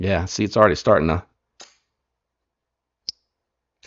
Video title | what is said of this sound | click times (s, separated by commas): New QSP Hedgehog! Don't miss this TPK exclusive @c.risnercutlery | Yeah, see, it's already starting to snap. | 1.6 s, 3.1 s